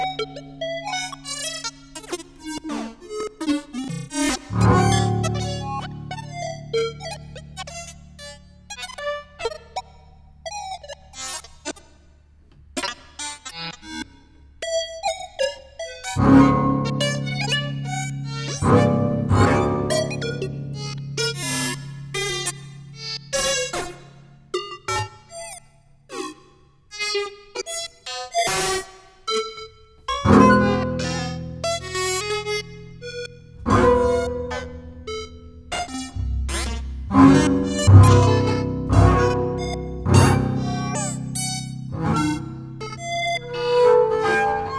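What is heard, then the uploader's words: A rotating megaphone array sends out layered, sustained tones that shift to new pitches around 4, 16, 30 and 37 seconds. Rapid, choppy bursts flicker through the upper range throughout, and the loudness pulses unevenly, swelling and dipping as the sound sweeps around. Rotating megaphone array.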